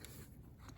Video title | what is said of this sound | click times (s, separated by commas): Warhammer 40k genestealer and Ork meganob review | it's not technically it's not meant to be articulated but the jaw does click into place | 0.1 s